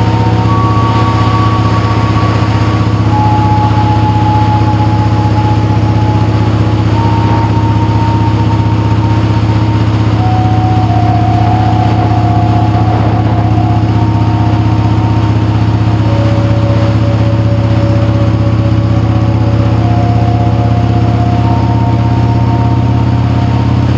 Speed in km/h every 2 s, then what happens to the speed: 52, 50, 53, 55, 55, 52, 52, 60, 52, 52, 55, 60.
0-17 steady at about 52. 17-24 speeds up to 60.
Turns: none.